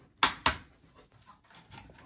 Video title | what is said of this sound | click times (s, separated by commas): HP ProDesk 400 G4 SFF Gaming Upgrades Video Card SSD RAM | here the two clicks | 0.2 s, 0.5 s